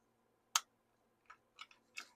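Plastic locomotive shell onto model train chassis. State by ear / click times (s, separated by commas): seated / 0.6 s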